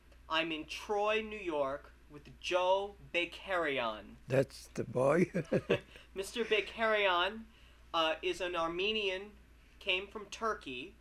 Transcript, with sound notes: I'm in Troy, New York, with Joe Bakerian.
That's the boy. (he laughs)
Mr. Bakerian is an Armenian, came from Turkey,